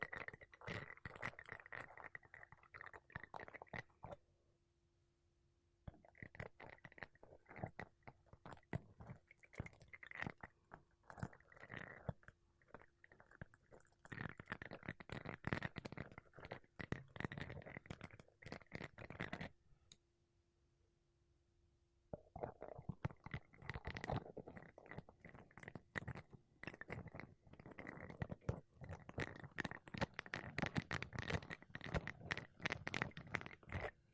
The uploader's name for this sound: Mic Brushing Using Makeup Brushes and Sponge